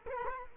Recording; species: mosquito wingbeat signal from an infrared sensor; Culex quinquefasciatus